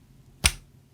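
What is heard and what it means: A samurai sword's blade is pushed back into its wooden scabbard, and the collar snaps home at the scabbard mouth with a single sharp, bright click at 0.5 s that rings briefly before fading into quiet low background noise. The blade is fully seated.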